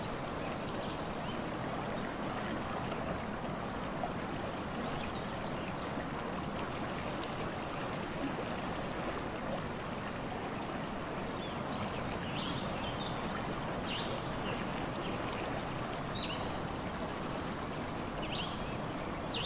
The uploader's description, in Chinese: 真实录制的大自然白噪音氛围